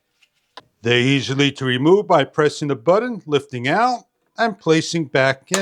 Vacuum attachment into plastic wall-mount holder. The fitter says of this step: with the attachment pieces they snap into place like so